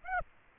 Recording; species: mosquito wingbeat signal from an infrared sensor; Aedes aegypti